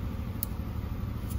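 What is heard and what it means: The plastic pin lock on a tow mirror wiring harness connector for a 2014–2018 Silverado/Sierra is pressed closed at the top once all the pins are in. A short sharp snap is heard at 0.4 s over a steady low rumble. The lock seats flush and closed.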